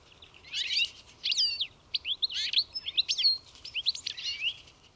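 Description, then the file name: European goldfinch calls: a quick, liquid twitter of high tinkling notes and sweeping chirps in short clusters, over a faint low background hiss. "Carduelis carduelis"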